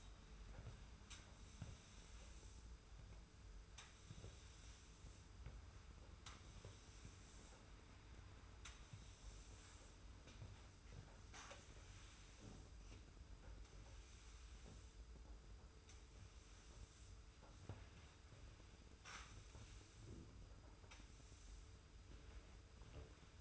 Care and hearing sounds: daily activity, microphone in the room; sweep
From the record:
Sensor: 2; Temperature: 25.1 degrees Celsius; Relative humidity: 42.2%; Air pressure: 991.2 hPa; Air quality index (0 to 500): 147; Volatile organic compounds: 362 ppm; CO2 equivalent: 4605 ppm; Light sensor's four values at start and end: 39/109/43/42 and 41/116/46/44

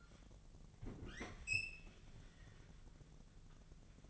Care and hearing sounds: daily activity, microphone in the room; open fridge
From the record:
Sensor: 4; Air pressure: 1000.9 hPa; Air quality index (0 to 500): 131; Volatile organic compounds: 2 ppm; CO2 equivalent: 980 ppm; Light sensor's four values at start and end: 29/69/29/32 and 26/63/26/29

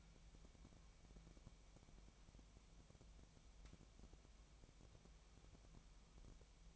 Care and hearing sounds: daily activity, microphone in the room; wipe stove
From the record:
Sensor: 1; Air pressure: 1003.3 hPa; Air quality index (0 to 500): 200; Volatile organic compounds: 6 ppm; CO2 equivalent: 1918 ppm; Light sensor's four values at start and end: 9/21/9/10 and 9/21/9/10

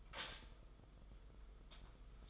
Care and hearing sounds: daily activity, microphone in the room; stop toaster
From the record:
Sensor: 5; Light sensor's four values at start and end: 35/110/42/45 and 35/110/42/44

